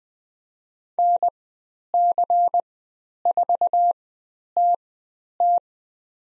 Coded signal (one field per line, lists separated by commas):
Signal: Morse code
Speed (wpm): 20 wpm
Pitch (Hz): 700 Hz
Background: none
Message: NC4TT